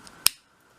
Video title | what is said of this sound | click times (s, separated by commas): A few of my Favourite Products & Tools... | until it clicks and | 0.3 s